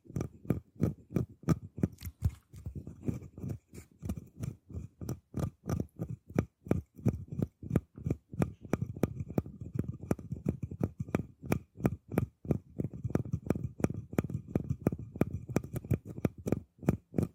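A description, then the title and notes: Scratching on a box or hollow object, with rough strokes repeating at a quick, fairly even pace of about three per second. Each stroke has a low, hollow scrape and a sharp crisp click on top, continuing steadily throughout. TimASMR-Mini-Scratching on Boxes and Hollow Objects (NO TALKING).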